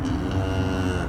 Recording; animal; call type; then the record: contact call of a hoofed animal; cattle; low-frequency (closed-mouth) or high-frequency (open-mouth) call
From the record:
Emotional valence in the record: positive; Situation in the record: visual reunion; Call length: 1.09 s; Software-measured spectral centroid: 1710 Hz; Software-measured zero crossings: 1070 a second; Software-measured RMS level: -24 dBFS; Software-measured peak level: -12 dBFS